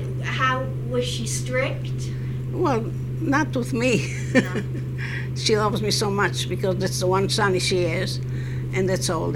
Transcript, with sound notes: how, was she strict?
Well, not with me. (she laughs)
No?
She loves me so much, because that's the one son that she has, and that's all.